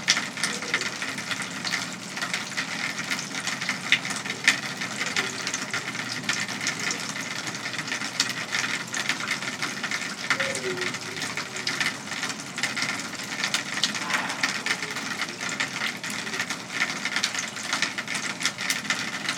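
Heavy rain pours outside a home, a dense, steady rush with countless drips and splatters that sound like water overflowing gutters and downspouts. The hiss holds constant throughout, with no breaks. Occasional louder spatters stand out over the bright, even wash.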